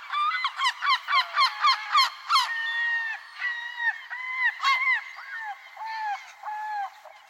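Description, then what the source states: Bird calls: a quick burst of sharp repeated notes, then drawn-out nasal mewing calls from several birds overlapping. Recorded in Arizona.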